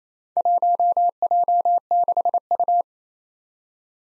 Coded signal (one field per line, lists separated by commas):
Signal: Morse code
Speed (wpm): 27 wpm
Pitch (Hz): 700 Hz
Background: none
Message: 1J6U